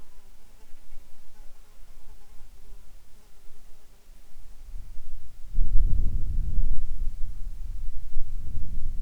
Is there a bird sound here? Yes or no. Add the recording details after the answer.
no. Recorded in the Arctic National Wildlife Refuge, Alaska, on 7 July 2019 at 18:33. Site 41